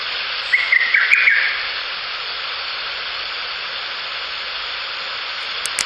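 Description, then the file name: Lesser cuckoo giving one short, rapid, staccato whistled phrase early on, followed by several seconds of steady hiss with no further calls. "ホトトギス 遠藤"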